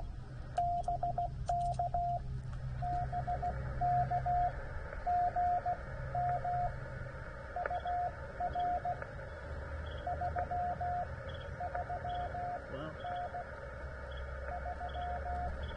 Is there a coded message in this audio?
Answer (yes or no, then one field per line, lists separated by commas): yes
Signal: Morse code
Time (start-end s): 0.6-15.5 s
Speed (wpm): 17 wpm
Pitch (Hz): 710 Hz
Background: radio noise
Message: BK BK GM UR 33N 3